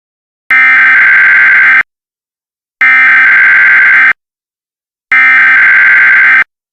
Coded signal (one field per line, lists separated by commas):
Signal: Emergency Alert System (SAME) tones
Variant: header bursts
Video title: EAS Tornado Scenario